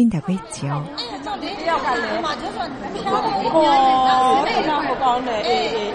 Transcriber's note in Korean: 현장음: 미얀마 여성 돕기 바자 행사